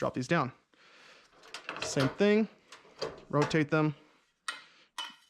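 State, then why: Seated. Someone talks while an LED replacement tube is dropped into a fluorescent fixture's tombstone sockets and rotated. A sharp click at 4.5 s marks the tube seating into the lamp holder.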